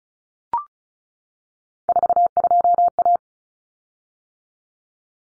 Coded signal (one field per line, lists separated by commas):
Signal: Morse code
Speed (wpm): 34 wpm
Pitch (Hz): 700 Hz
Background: none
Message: 42A